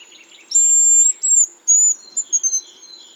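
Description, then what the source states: Hazel Grouse song: a long, very high, thin whistle held level, a shorter note, another long whistle, then a few short sharp notes. Small grouse, not a songbird, about the size of a jackdaw; recorded in autumn in dense conifer forest in the Harz; lives very secretively.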